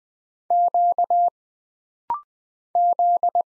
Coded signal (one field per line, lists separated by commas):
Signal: Morse code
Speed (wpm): 20 wpm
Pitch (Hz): 700 Hz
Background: none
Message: Q Z